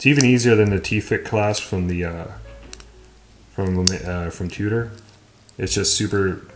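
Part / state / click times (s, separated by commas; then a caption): watch bracelet clasp extension into the clasp body / seated / 2.7 s. Someone talks while the push button on the stainless steel bracelet clasp of a green Omega Seamaster 300 is pressed to extend it. The clasp extension then locks back into the clasp body with a sharp click at 2.7 s, seating into place.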